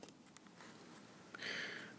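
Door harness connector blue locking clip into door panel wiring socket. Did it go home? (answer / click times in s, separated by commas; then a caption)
yes / 1.3 s. On a 2010–2012 Chevy Equinox or GMC Terrain door, the main door wiring harness plug is pushed into its socket in the door panel wiring until snug, and the blue locking clip is then pulled down to lock it. After faint scattered ticks, the clip snaps home with a sharp click at 1.3 s, followed by a steady rushing hiss to the end. The connector is seated and locked.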